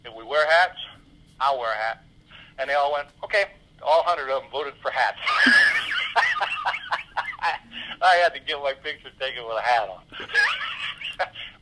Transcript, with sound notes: if we wear hats, I'll wear a hat." And they all went, "Okay." All hundred of them voted for hats. (laughs) I had to get my picture taken with a hat on.